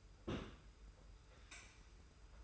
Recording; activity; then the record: daily activity, microphone in the room; place on stove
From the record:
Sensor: 2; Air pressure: 990.9 hPa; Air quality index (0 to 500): 110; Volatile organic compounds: 48 ppm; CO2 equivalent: 3263 ppm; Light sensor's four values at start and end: 35/103/40/39 and 35/103/40/39